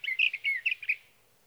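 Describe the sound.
Sage thrasher song fragment: a quick burst of a few warbled, slurred notes lasting under a second, then quiet.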